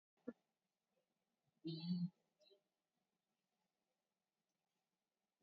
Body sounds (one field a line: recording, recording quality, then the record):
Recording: shallow breathing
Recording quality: poor, much background noise or distortion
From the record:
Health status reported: COVID-19 positive, moderate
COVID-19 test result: positive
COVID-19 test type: RT-PCR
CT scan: taken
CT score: 6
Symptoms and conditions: cough, cold, fever, muscle pain, loss of smell and taste, diarrhoea, hypertension, diabetes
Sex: male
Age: 67 years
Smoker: no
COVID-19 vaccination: none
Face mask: worn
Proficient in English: yes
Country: India